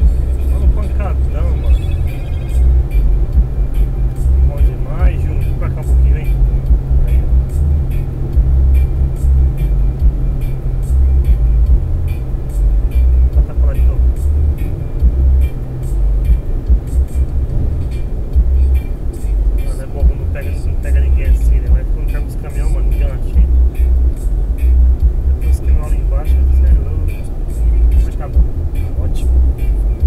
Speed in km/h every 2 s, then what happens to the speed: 133, 135, 135, 132, 129, 126, 122, 120, 118, 116, 114, 114, 115, 117, 118.
4-20 slows to 114. 20-30 steady at about 115.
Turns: none.